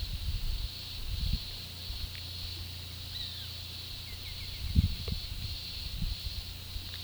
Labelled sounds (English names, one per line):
Roadside Hawk
White-winged Becard